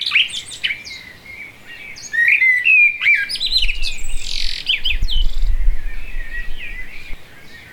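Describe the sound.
Blackbird song, twittering and warbled phrases that grow fainter in the second half, with intermittent low rumbling noise.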